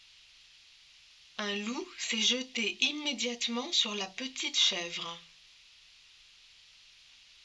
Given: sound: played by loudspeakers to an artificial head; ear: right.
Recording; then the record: speech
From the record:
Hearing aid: class 1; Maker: A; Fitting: closed earmoulds, the maker's default for a moderate loss (N3)